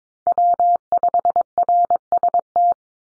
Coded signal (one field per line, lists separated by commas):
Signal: Morse code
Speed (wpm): 22 wpm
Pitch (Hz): 700 Hz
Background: none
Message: W5RST